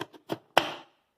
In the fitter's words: Encaixou, deu o clique de travamento.